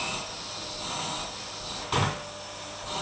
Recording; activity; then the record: daily activity, microphone in the room; vacuum cleaning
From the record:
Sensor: 1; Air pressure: 991.0 hPa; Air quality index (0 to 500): 118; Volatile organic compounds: 173 ppm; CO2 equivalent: 4118 ppm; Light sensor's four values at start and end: 19/44/19/20 and 19/45/19/20